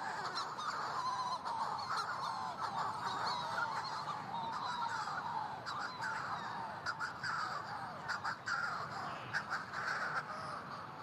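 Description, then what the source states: Manx Shearwater flight calls, a dense chorus of harsh, crowing cries from several birds, overlapping continuously. Manx Shearwater flight calls, a witch-like cackling, from birds circling unseen above burrows on Skellig Michael, an Atlantic rock, in near darkness; an incubating mate in its burrow, possibly unfed for days, listens for them.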